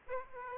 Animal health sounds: mosquito wingbeat signal from an infrared sensor; Aedes aegypti

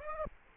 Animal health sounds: mosquito wingbeat signal from an infrared sensor; Aedes aegypti

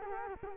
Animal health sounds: mosquito wingbeat signal from an infrared sensor; Culex quinquefasciatus

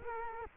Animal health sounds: mosquito wingbeat signal from an infrared sensor; Culex quinquefasciatus

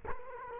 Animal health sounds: mosquito wingbeat signal from an infrared sensor; Culex quinquefasciatus

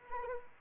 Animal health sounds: mosquito wingbeat signal from an infrared sensor; Anopheles arabiensis

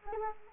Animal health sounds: mosquito wingbeat signal from an infrared sensor; Anopheles arabiensis

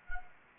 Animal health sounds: mosquito wingbeat signal from an infrared sensor; Anopheles gambiae

